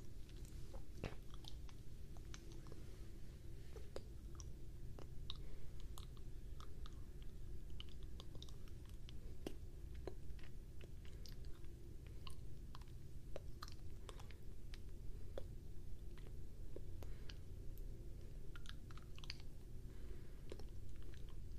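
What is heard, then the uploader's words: Wet mouth sounds fill the clip: rapid, irregular clicks, smacks and pops scattered densely throughout, crisp. Beneath them runs a steady low rumbling hum that never lets up, with no pauses in the clicking. ASMR HiFi Mic Nibbling | ASMR Wet Mouth Sounds.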